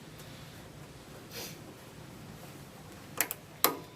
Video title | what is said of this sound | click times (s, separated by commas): DISTEK 228 P1110439 | make sure it snaps into place should be fine | 3.6 s